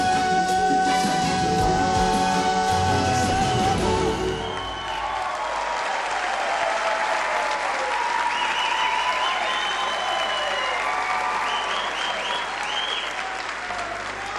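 Live music finishes over the first few seconds, then a large audience bursts into loud, sustained applause with scattered cheers and whistles that continues to the end.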